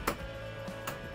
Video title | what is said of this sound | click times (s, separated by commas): Handover: MDC XT16HR ISLAND Offroad Caravan | you feel a click stop | 0.1 s